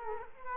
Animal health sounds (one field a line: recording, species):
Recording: mosquito wingbeat signal from an infrared sensor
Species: Culex quinquefasciatus